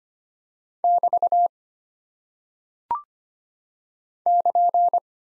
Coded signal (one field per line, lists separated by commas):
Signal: Morse code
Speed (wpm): 25 wpm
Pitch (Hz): 700 Hz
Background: none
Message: <BT> <KN>